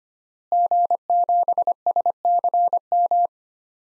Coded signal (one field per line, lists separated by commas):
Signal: Morse code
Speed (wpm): 25 wpm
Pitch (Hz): 700 Hz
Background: none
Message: G7SCM